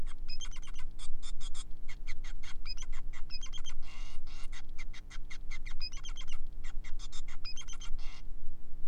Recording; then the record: song of a male Bengalese finch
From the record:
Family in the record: son of father 5